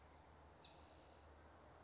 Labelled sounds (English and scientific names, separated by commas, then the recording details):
Spotted Towhee (Pipilo maculatus)
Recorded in Sonoma County, California